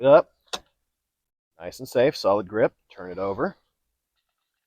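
Someone talks while a loaded magazine is readied to go into the grip of an unloaded pistol that has been turned over, with a brief faint tick near 0.5 s between the words. The magazine has not seated or clicked into the pistol yet.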